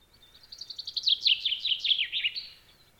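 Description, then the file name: Common chaffinch singing a single quick phrase of sharp, downward-sweeping notes, ending in a short flourish. "Fringilla coelebs"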